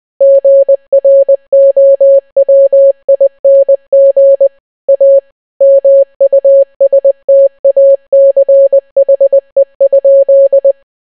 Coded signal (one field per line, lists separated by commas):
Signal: Morse code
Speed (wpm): 20 wpm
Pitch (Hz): 550 Hz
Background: none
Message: GROWING A MUSTACHE?